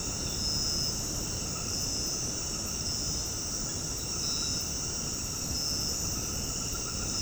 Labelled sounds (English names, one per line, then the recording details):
none
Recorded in dense forest near Puerto Asís, Putumayo, Colombia, on 20 February 2024 at 22:00
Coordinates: 0.486, -76.316
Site G6437